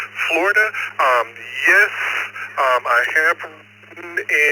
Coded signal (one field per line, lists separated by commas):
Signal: Emergency Alert System (SAME) tones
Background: speech